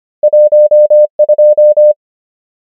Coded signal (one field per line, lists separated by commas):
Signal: Morse code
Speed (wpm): 25 wpm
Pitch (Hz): 600 Hz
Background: none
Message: 1 2